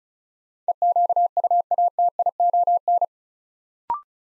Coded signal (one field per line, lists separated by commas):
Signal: Morse code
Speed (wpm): 36 wpm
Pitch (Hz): 700 Hz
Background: none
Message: EQUATION